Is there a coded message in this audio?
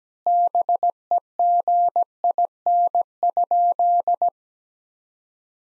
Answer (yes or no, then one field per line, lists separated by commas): yes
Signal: Morse code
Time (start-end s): 0.3-4.3 s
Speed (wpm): 17 wpm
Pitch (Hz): 700 Hz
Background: none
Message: BEGIN?